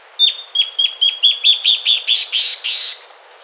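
Bird song: about ten sharp high notes in a quick series, becoming longer and buzzier as the phrase goes on.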